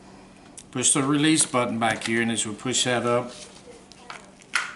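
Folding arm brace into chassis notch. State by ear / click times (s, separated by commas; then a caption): seated / 4.6 s. Someone talks while the release button on a CAA Micro Conversion Kit chassis for a Glock 22 is pushed, lifting the folding arm brace up. At 4.6 s a sharp click sounds as the brace falls and locks into its notch in the chassis.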